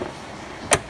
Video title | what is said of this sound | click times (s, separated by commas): 2007-2013 GMC Sierra 5.3 Radiator Replacement | those go back you get a snap okay | 0.7 s